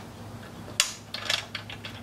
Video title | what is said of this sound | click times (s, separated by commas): 2006 Honda Odyssey Valve Adjustment Throttle Body Installation Part 14 | you heard that snap going back so you can get | 0.8 s